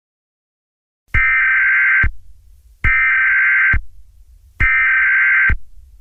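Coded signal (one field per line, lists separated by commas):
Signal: Emergency Alert System (SAME) tones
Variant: header bursts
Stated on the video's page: Fictional EAS scenario for extreme heat, simulated rather than a real alert.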